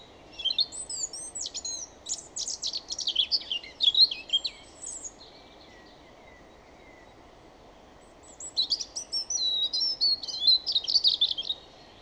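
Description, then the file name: European robin song in two rapid, high-pitched bursts of jumbled tinkling and sliding notes, with a quiet gap of about three seconds between them. "Erithacus rubecula"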